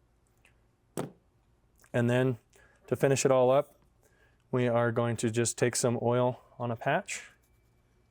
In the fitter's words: you're going to depress the firing pin and then rotate a quarter turn counterclockwise until it clicks into place